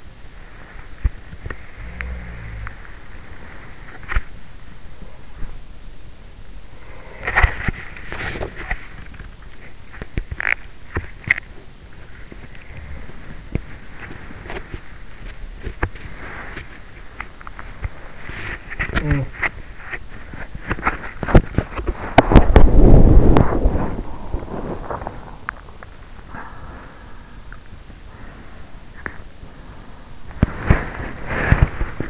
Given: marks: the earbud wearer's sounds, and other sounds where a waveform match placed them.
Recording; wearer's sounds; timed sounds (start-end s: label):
sounds in sleep by an in-ear microphone; body movement
0.00-32.10 s: body movement
1.75-3.02 s: sound from someone else or the room